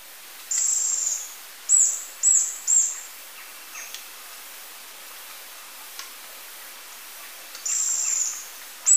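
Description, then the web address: Spotted barbtail producing several short, very high trills in quick succession, a pause with faint ticks, then two more high trills. Recorded in Ecuador. "Birds of Ecuador. Spotted Barbtail"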